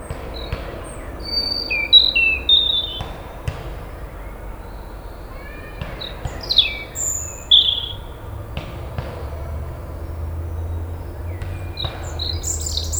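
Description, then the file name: European robin song in scattered high phrases, thin whistles and quick twittering notes separated by pauses, over a low hum. "Erithacus rubecula"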